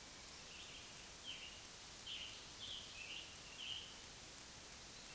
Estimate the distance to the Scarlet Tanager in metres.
about 80 m